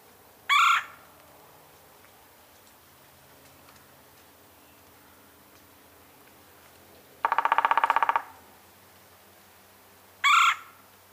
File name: Red bellied Woodpecker Melanerpes carolinus